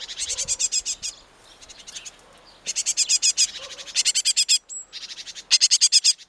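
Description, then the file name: Great tit rattling calls: several dry bursts of rapid high ticks, with pauses between them. "Parus major"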